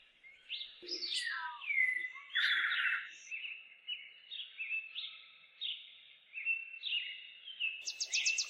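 Bird song of varied clear whistled phrases, sliding up and down between short steady notes, with a brief buzzy trill of rapid notes at the very end.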